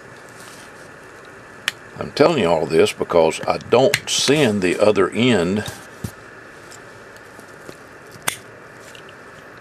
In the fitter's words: you'll hear it click when you shove it all the way up in there